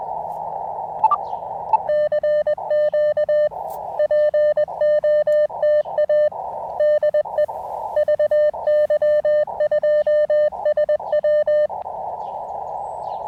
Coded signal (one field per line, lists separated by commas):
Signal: Morse code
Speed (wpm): 21 wpm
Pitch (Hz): 600 Hz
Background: radio noise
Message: CQ POTA DE VY2SW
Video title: Fort Wellington POTA: Can the AX1 Deliver During Rough Band Conditions?